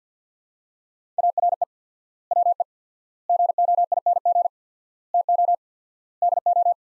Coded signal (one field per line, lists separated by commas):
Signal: Morse code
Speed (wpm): 45 wpm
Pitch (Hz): 700 Hz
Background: none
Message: ARE WE GOING TO DO